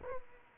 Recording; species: mosquito wingbeat signal from an infrared sensor; Aedes aegypti